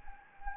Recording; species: mosquito wingbeat signal from an infrared sensor; Anopheles gambiae